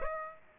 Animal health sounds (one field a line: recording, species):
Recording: mosquito wingbeat signal from an infrared sensor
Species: Aedes aegypti